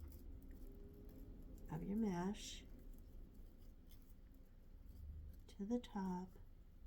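A plastic tie threaded through a wooden bead and the mesh on a wreath is handled while someone talks. There are faint rustling and handling sounds. Nothing has clicked or seated yet.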